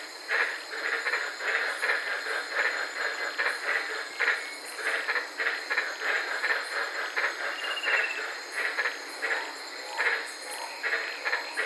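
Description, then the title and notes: White-lipped tree frogs call densely with many overlapping short barks and clacks over a persistent high hiss. Several frogs recorded at night from inside a car in the Daintree rainforest, Queensland, Australia. "White Lipped Frog Podcast. I was sitting in my car in the Daintree rainforest in Queensland this night and fell asleep listening to these amazing White lipped frogs"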